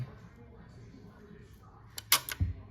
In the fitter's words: once it goes to safe and I hear it click